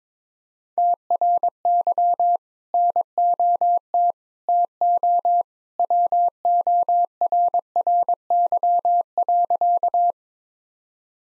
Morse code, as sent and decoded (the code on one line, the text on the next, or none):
- .-. -.-- / -. --- - / - --- / .-- --- .-. .-. -.-- .-.-.-
TRY NOT TO WORRY.